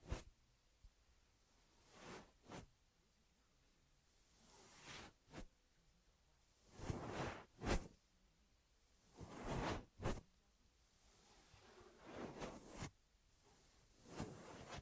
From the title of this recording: Ear Massage Triggers